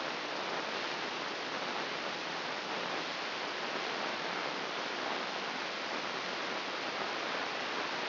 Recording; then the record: brain microelectrode recording played as sound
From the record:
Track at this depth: inside the subthalamic nucleus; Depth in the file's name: 3.921 mm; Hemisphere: left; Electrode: 3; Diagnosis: Parkinson's disease